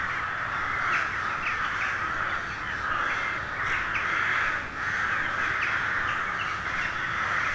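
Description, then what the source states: Crows cawing together in numbers, a steady wall of rough overlapping calls with brief dips in volume. Hundreds of crows settling to roost for the night in a poplar wood at Neuflize, in winter at nightfall.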